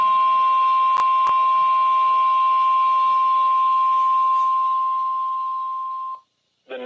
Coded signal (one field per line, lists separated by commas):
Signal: Emergency Alert System (SAME) tones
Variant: 1050 Hz attention tone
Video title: Severe & Flood Alerts With A Double Header: EAS Alerts From 7/16/25 On WXM56 - 7/16/25 #COWX #WXM56